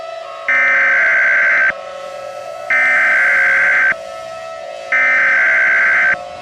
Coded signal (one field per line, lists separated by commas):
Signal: Emergency Alert System (SAME) tones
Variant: header bursts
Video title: What the...? (EAS MOCK)